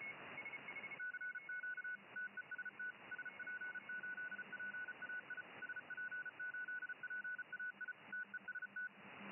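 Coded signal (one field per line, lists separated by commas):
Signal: Morse code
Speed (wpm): 34 wpm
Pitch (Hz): 1480 Hz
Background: none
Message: CQ TEST SP8PAI SP8PAI TEST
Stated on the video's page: 20 metre band contest CW.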